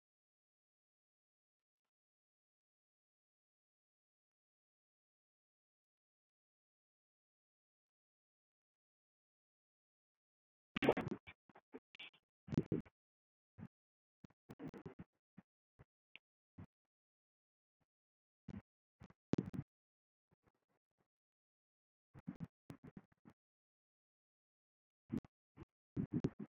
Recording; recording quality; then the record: deep breathing; poor, much background noise or distortion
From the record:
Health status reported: healthy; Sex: male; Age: 47 years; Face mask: not worn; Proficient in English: yes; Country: India